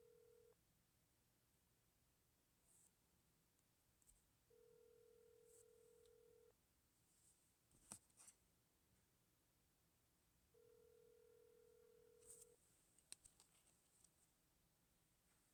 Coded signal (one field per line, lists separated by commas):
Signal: telephone call progress tone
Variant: North America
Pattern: ringback tone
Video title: 132. Beeping sound disappeared when recorded